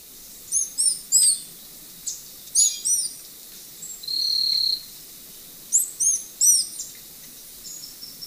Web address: Natures Songs S America Birds of Ecuador Glistening-green Tanager